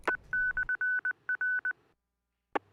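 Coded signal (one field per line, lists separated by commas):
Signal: Morse code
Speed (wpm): 20 wpm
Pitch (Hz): 1500 Hz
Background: none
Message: E/R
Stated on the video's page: Morse heard on a ham learning net on 145.490- repeater, 100.0 tone, linked to 448.625-.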